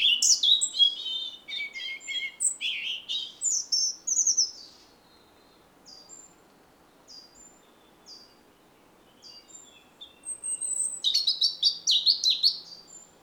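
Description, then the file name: European robin song in two bursts of fast, jumbled high warbling, separated by a quieter stretch of thin, spaced whistled notes. "Erithacus rubecula"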